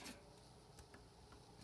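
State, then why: Not seated. A child works a pick under tension against a key pin in a pin tumbler lock, lifting it toward the shear line, with faint scraping and small metallic ticks over low background noise. The clip ends before the pin sets, so nothing has seated or clicked yet.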